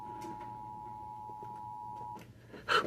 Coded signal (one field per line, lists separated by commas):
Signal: Emergency Alert System (SAME) tones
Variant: 853 and 960 Hz attention tone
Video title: HIATUS CHAOS II:FIRES TESTS & STORMS( EAS Alerts from 6/19-7/16/25) EAS #656-687